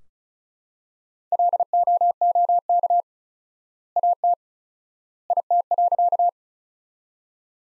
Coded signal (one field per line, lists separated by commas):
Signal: Morse code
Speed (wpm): 34 wpm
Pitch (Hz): 700 Hz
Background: none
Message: LOOK AT IT.